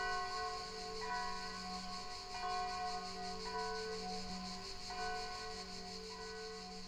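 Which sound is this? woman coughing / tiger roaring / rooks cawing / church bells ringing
church bells ringing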